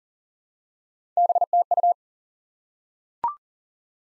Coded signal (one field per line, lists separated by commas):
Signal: Morse code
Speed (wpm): 40 wpm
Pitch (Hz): 700 Hz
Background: none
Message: BTU